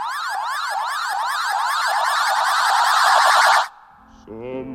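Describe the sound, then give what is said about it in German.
About 2000 shrill Ashita Sleeping Tide smoke detectors blare together in rapid rising-and-falling electronic sweeps, deafening and continuous for over three seconds before cutting off abruptly. A brief singing voice follows. “Die Luft vibrierte vom ohrenbetäubenden Schrillen von 2000 Ashita Sleeping Tide Rauchdetektoren.”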